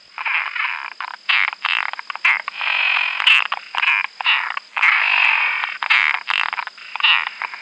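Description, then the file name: Latouche's frog giving rasping, pulsed croaks in rapid repeated bursts, with a steady high tone behind. "Rana latouchtii"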